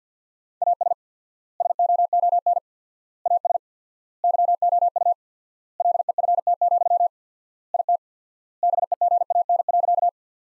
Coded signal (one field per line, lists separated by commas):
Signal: Morse code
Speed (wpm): 50 wpm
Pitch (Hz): 700 Hz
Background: none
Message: AS SOON AS YOU LEFT, IT BEGAN.